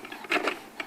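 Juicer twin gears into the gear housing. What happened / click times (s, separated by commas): Parts handled, not yet locked into place / none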